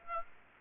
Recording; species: mosquito wingbeat signal from an infrared sensor; Aedes aegypti